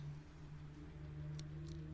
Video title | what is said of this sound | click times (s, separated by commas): Road to Indomitus - Day 5 Finished Tank? Start Painting? | there we go it finally clicked in place | 1.4 s